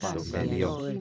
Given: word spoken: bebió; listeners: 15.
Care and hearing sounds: one Spanish word in noise, from a listening test; four-talker babble; -0.9 dB; 0 of 15; 7 of 15; 0.61 s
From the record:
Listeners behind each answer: 7, 2, 1, 1, 1, 1, 1, 1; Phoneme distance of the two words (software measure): 41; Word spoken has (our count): 2 syllables, 5 phonemes, stress on syllable 2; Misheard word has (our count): 3 syllables, 8 phonemes, stress on syllable 3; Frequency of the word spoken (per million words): 6.03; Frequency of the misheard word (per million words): 144.29

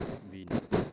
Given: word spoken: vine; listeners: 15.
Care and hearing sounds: one Spanish word in noise, from a listening test; noise modulated by one talker; -10.7 dB; 0 of 15; 15 of 15; 0.53 s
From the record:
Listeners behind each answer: 15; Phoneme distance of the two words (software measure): 10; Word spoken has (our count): 2 syllables, 4 phonemes, stress on syllable 1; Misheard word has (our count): 2 syllables, 4 phonemes, stress on syllable 1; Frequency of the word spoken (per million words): 7.05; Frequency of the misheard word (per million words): 114.65

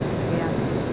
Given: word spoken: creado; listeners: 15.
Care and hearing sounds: one Spanish word in noise, from a listening test; speech-shaped noise; -6.8 dB; 0 of 15; 6 of 15; 0.53 s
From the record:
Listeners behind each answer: 6, 2, 1, 1, 1, 1, 1, 1, 1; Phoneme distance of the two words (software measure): 34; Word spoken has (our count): 3 syllables, 6 phonemes, stress on syllable 2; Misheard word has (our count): 2 syllables, 4 phonemes, stress on syllable 2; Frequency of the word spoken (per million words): 38.49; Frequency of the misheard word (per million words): 230.87

